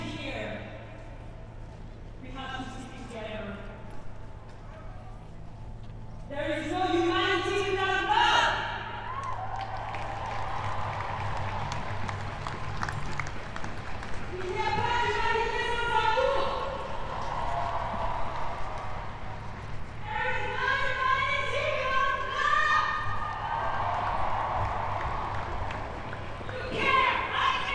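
Street protest sounds: voices shouting and calling in bursts, with a loud stretch from about 6 to 9 seconds and more shouts around 15, 20–23 and 27 seconds. A steady low hum and a constant crowd murmur run underneath throughout.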